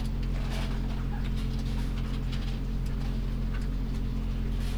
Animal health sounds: poultry house recording; sick chickens (respiratory disease)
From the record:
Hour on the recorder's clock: 0

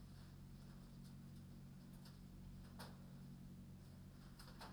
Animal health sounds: poultry house recording; no chicken sound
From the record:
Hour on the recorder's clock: 22

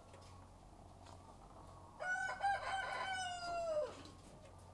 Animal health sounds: poultry house recording; sick chickens (respiratory disease)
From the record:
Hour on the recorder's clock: 13

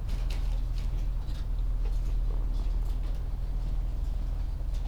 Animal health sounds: poultry house recording; sick chickens (respiratory disease)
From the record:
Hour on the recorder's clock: 14

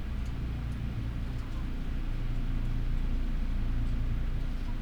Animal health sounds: poultry house recording; healthy chickens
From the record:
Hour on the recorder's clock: 12

